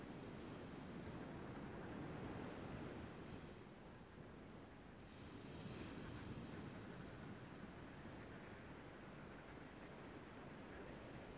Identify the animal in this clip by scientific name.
Vulpes lagopus